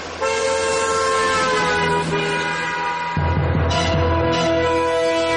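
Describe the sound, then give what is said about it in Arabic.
A car chase through traffic, a taxi speeding after a red car: a long, loud, sustained horn blares over a deep engine rumble, with the low roar surging louder partway through as vehicles speed along. “اطلع يا اسطى ورا العربية الحمراء دي بسرعة.”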